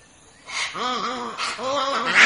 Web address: fossa animal